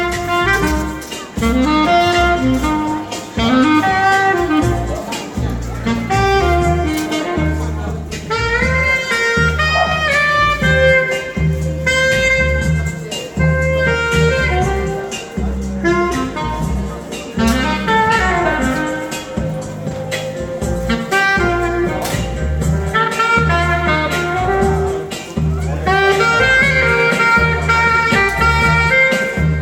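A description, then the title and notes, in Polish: A street saxophonist plays a bright, wavering melody over a steady, thumping bass backing that stays loud and unbroken for the whole stretch. Uliczny saksofonista zbierający na studia, Mielno 2023.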